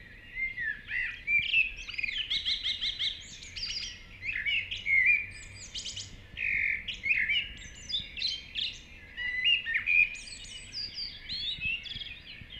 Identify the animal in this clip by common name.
Common Blackbird